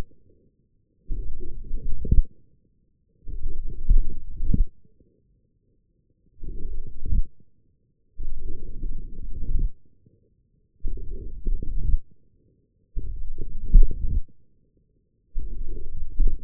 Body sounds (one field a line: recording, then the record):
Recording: forearm muscle sounds (acoustic myography)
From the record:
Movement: forearm supination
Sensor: system 1, eight BSWA MPA416 microphones around the upper forearm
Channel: 5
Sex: male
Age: 20 years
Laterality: left